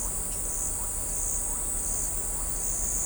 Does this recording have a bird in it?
no